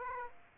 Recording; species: mosquito wingbeat signal from an infrared sensor; Aedes aegypti